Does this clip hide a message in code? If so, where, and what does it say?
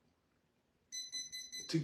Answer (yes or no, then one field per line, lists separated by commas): no